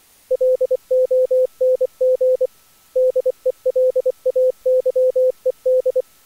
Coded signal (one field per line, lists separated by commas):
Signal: Morse code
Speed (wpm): 23 wpm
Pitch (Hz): 510 Hz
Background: none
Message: LONG DELAYED